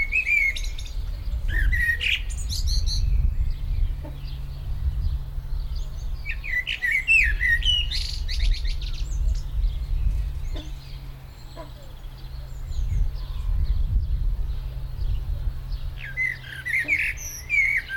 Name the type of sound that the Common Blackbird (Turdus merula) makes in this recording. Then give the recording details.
song. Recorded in the wild. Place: Tierpark Berlin, Berlin, DE. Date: 1996-05-01 13:23. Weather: heiter, 17°C. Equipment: Sony MD-WM MZ-R3, Sennheiser MKH 416 T, Kopie Uher 4000 Report Monitor. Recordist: Tembrock, Günter